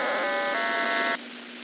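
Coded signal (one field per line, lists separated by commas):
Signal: numbers station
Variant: HM01 RDFT data burst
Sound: about one second of a buzzy multi-tone chord that shifts twice, then hiss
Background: radio static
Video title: 09 05 2021 Number station Cuban Spy HM01 in Spanish to Eu,Am 0945 on 9240 Bejucal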